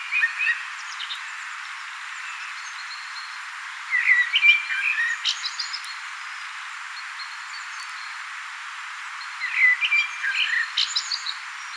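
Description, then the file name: Common blackbird giving flute-like warbled phrases ending in squeaky twitters, with quiet gaps between them. "Turdus merula"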